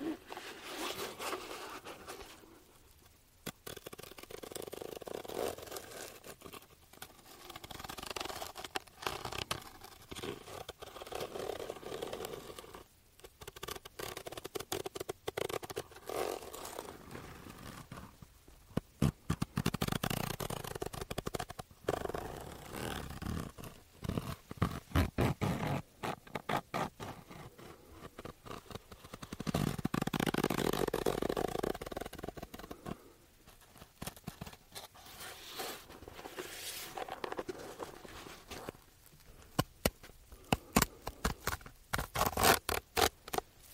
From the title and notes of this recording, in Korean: ASMR 노토킹 아로마오일, 케이스 탭핑.